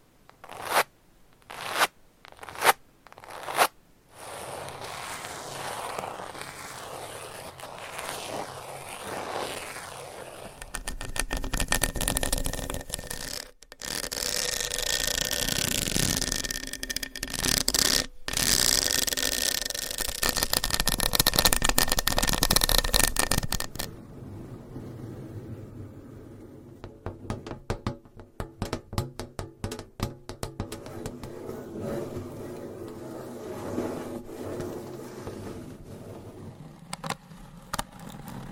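Scratching and tapping. It opens with a run of sharp, evenly spaced taps, then settles into a dense, bright scratching that grows louder from about 11 to 24 seconds, broken by brief gaps. After that the scratching turns softer and more clicky, with quick irregular taps.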